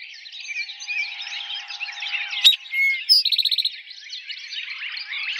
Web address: Eastern Towhee 2007 01 04 Eastern Towhee